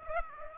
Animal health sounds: mosquito wingbeat signal from an infrared sensor; Aedes aegypti

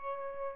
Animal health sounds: mosquito wingbeat signal from an infrared sensor; Aedes aegypti

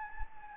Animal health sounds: mosquito wingbeat signal from an infrared sensor; Anopheles gambiae

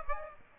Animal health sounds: mosquito wingbeat signal from an infrared sensor; Aedes aegypti

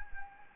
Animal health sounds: mosquito wingbeat signal from an infrared sensor; Anopheles gambiae

